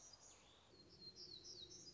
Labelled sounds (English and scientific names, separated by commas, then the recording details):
Black-throated Gray Warbler (Setophaga nigrescens)
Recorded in Sonoma County, California